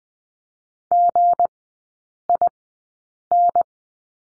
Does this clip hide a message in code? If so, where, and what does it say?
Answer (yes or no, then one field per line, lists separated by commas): yes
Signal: Morse code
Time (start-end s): 0.9-3.6 s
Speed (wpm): 20 wpm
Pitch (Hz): 700 Hz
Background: none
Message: GIN